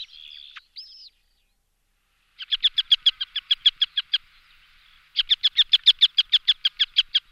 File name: albanella minore